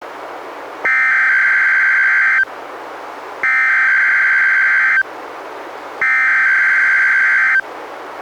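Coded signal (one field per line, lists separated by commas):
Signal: Emergency Alert System (SAME) tones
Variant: header bursts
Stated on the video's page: Monthly test issued instead of the weekly test, relayed by an NWR station, recorded directly from a Reecom R-1630 weather radio via a Zoom H1 recorder.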